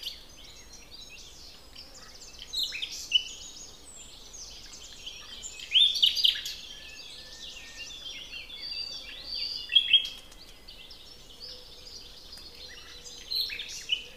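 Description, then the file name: Common nightingale singing brief, loud phrases of piping and chattering notes at irregular intervals, separated by quieter stretches. "Luscinia megarhynchos"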